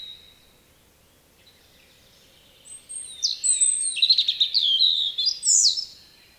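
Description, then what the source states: European robin song: after a faint thin whistle and a pause, a run of high, sweet, tumbling whistles and trills with sliding notes and quick flourishes. Spring.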